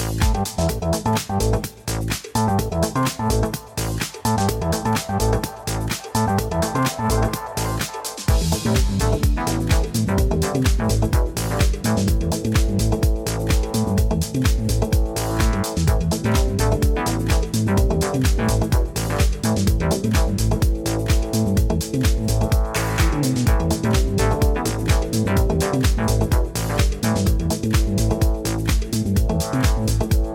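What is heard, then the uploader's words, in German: Jesendorf soundscape filled with steady, dense music with a regular beat and deep bass, sparser with short gaps until about eight seconds. Klangkulisse Jesendorf.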